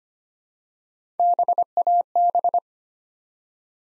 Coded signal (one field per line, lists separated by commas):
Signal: Morse code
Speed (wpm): 25 wpm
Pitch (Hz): 700 Hz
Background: none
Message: BAB